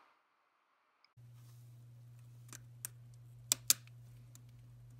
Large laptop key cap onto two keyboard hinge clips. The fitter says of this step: center to key cap over the two hinges and once aligned push down and you should hear it click into place